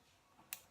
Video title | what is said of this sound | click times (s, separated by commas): SYMA X8 Drone Blade replacement, body, fuselage and cap Repairs SYMA X8 renovate crashed drone | it seemed fair enough click there it goes so there's one repair done | 0.5 s